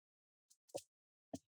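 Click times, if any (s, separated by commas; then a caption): 0.5 s, 0.7 s, 1.3 s. A plastic bottom cover is laid onto the base chassis of an ASUS VivoBook 17 M712 laptop and pressed down along the front, side and back edges. Its clips snap into place with short, sharp clicks at 0.5, 0.7 and 1.3 seconds, the last being the loudest. The cover is seated.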